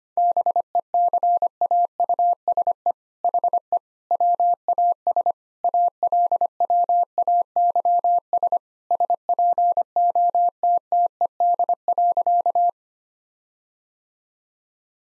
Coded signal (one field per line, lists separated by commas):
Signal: Morse code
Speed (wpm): 25 wpm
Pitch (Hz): 700 Hz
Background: none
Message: BECAUSE HE WAS ALWAYS SPOTTED.